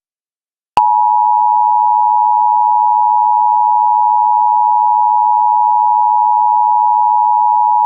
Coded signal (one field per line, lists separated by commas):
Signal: Emergency Alert System (SAME) tones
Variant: 853 and 960 Hz attention tone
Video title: US Emergency Alert Systems 2026 (part 7)